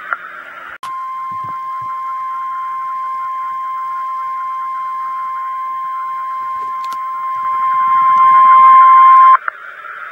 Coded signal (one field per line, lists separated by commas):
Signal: Emergency Alert System (SAME) tones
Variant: 1050 Hz attention tone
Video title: Weatheradio Canada - Severe Thunderstorm Watch (EAS #42-45) 14/09/2012